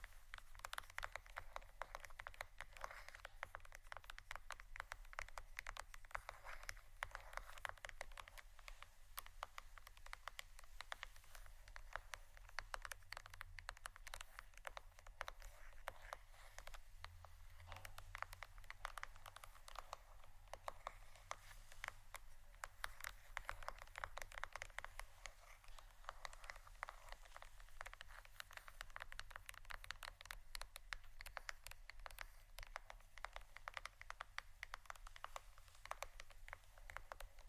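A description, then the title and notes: Tapping and scratching on plastic bottles goes on without pause for the whole stretch, a dense run of quick, crisp clicks and scrapes. The taps come fast and irregular over a steady low rumble, with brief heavier thumps around the middle. ASMR Tapping & Scratching on Plastic Bottles （No Talking）.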